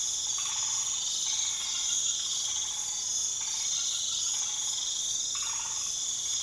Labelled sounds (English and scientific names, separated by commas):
none